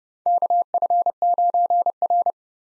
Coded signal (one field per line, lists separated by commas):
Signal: Morse code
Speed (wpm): 30 wpm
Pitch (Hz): 700 Hz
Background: none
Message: KF9R